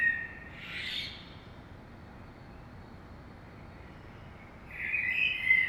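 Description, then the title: Common blackbird singing: a short warbled phrase at the start, a pause of a few seconds, then another fluty phrase begins. Saint-Gilles, Belgium; early morning; recorded with DPA 2006c microphones in AB stereo into a Zoom F3. "Saint-Gilles, Belgique - Blackbird - Merle"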